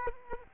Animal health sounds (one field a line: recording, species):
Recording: mosquito wingbeat signal from an infrared sensor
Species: Culex quinquefasciatus